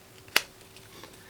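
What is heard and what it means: A plastic concentrator nozzle is pulled off the end of a Brio Vento hair dryer barrel; it takes a little force but does not break anything. One sharp, snap-like pop comes at 0.4 s, with faint ticks around 0.3 s and 0.8 s. The nozzle comes free.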